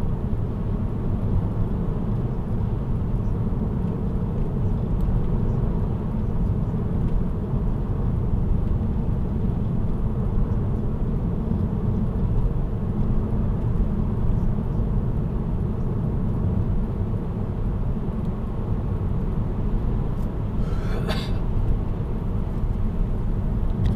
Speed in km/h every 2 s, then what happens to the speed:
77, 77, 78, 77, 76, 72, 71, 73, 75, 78, 80, 82.
0-13 steady at about 77. 13-24 speeds up to 82.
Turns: none.